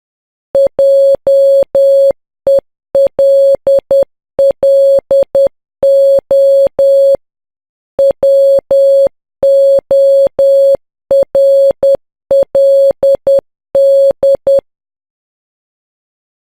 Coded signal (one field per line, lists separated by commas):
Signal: Morse code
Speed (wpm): 10 wpm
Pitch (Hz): 550 Hz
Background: none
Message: JELLO WORLD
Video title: DIY a better Arduino blink sketch, Hello World, Ham style GMH 053